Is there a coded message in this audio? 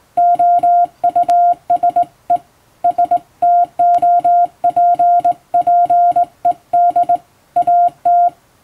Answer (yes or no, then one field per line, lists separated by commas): yes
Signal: Morse code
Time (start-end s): 0.2-8.3 s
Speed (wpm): 20 wpm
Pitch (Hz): 700 Hz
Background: music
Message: OUSE STOPPED AT